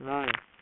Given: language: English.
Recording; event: throat vibration sensor signal played as sound; speech